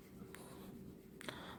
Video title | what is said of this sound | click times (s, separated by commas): Samsung Galaxy S23 Ultra Unboxing Review in Singapore 2023 | locking. நல்லா press பண்ணணும், அப்போ தான் அது லாக் ஆகும். | 1.2 s